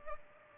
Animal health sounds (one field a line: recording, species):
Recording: mosquito wingbeat signal from an infrared sensor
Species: Culex pipiens